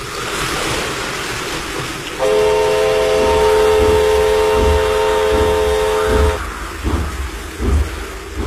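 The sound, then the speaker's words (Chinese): A train on a test run in heavy rain slowly approaches and enters a flooded track bed, rumbling steadily along the tracks with a low continuous roar, with a long, sustained horn blast lasting about four seconds in the middle before the rumble carries on alone. “火车慢慢地驶了过来，驶进了漫着水的路基。”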